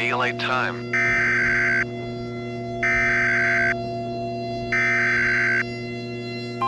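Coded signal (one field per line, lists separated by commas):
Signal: Emergency Alert System (SAME) tones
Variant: header bursts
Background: speech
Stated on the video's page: Simulated EAS scenario for a thunderstorm, with a siren pack.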